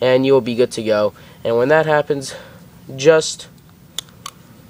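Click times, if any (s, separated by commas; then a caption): 4.0 s, 4.3 s. Someone talks while putting the base cap back onto the bottom of the CO2 magazine for an Aftermath Typhon full-auto gas blowback M9 airsoft pistol, after the CO2 cartridge has been punctured and stopped hissing. Two sharp hits at 4.0 s and 4.3 s are the cap seating on the magazine.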